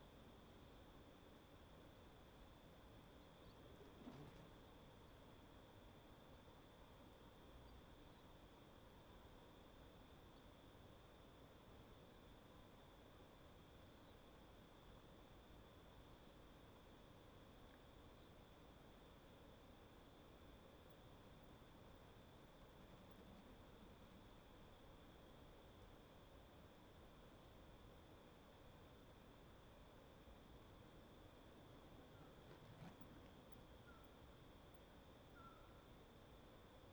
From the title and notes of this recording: Little Pend Oreille National Wildlife Refuge, Bayley's Lake at dusk. Bayley's Lake is calm, flat, and sheltered by tall canyon walls.